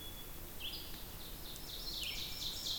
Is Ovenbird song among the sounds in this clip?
yes